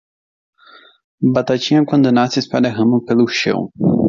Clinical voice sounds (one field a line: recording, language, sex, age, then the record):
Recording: short text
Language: Brazilian Portuguese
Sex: male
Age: 20 to 29 years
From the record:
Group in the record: control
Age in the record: 26 years